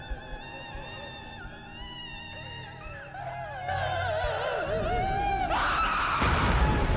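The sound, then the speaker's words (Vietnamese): A mother wails and cries in long, wavering, sliding tones that rise and fall, while the rough crackling of a burning fire swells beneath her and grows louder toward the end. “Tiếng gào khóc của mẹ cùng với tiếng nửa lửa cháy lốp bốp vẫn cứ vang lên kinh hoàng.”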